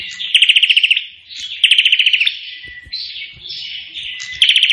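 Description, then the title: Prinia delivering quick rattling bursts of bright ticking notes, three loud volleys interleaved with a softer, wavering buzzy warble. Bird singing energetically (gacor); song style called suara tembakan AK-47, the AK-47 gunfire sound. "Burung Prenjak Gacor Suara Tembakan Ak-47"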